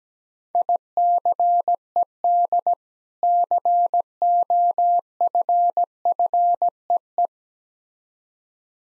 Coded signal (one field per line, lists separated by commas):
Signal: Morse code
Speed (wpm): 17 wpm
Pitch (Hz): 700 Hz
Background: none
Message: ICED COFFEE